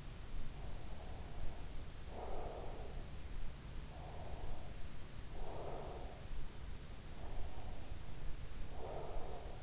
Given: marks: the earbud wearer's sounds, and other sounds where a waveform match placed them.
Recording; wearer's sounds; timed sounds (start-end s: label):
sounds in sleep by an in-ear microphone; breath
0.72-3.22 s: breath
4.03-6.27 s: breath
7.19-9.63 s: breath